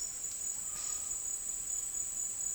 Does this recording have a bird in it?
no